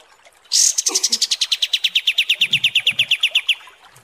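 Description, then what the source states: Pied Triller song, a bright trill of rapid repeated notes lasting about three seconds after a sharp opening note. Training song (masteran) for teaching songbirds.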